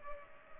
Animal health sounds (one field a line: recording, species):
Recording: mosquito wingbeat signal from an infrared sensor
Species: Culex pipiens